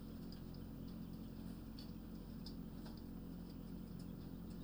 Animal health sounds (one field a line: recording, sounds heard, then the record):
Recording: poultry house recording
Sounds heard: healthy chickens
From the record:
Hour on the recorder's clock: 22